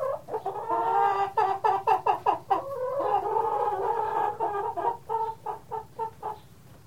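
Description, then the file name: Chicken clucking, a run of short harmonic clucks that slows into spaced, quieter clucks near the end. "Sound Ideas 2000 Series - Chicken Cluck"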